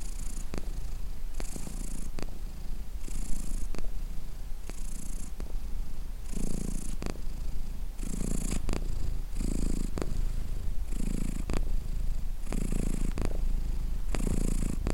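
Cat purring steadily, the low rumble swelling and easing in a breathing rhythm about every one and a half seconds throughout.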